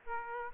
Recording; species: mosquito wingbeat signal from an infrared sensor; Aedes aegypti